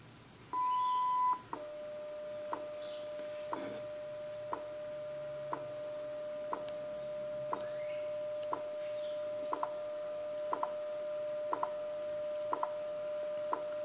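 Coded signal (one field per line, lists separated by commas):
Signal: radio time signal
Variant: WWV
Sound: short high beep, then a steady lower hum with a sharp tick every second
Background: radio static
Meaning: The long 1 kHz tone marks the start of the minute, and each tick marks a second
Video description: WWV 25Mhz on Yaesu FRG-100 received N.L. Mex. 15:00 utc, 5/oct/2014.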